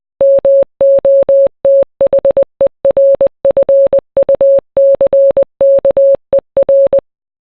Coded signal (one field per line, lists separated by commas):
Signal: Morse code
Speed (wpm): 20 wpm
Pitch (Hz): 550 Hz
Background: none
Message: MOTHERFUCKER